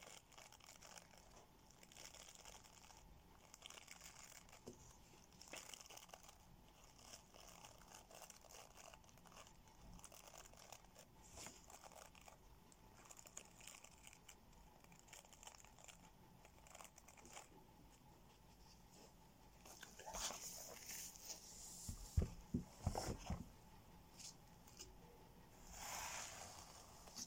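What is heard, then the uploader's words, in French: Hair being brushed, a soft steady scratchy bristle texture running throughout with frequent brief strokes and crackles. Around twenty to twenty-three seconds the sounds grow louder and denser, with sharp crunchy bursts, and a faint steady hum sits underneath. Brossage de cheveux, tapping.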